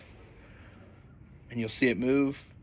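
The cocking sled of a TenPoint Venom X crossbow's Accuslide cocking mechanism is handled in the crossbow stock, pushed down to release, over a low steady background. Someone talks from about 1.5 s to 2.4 s. Nothing has seated or clicked yet.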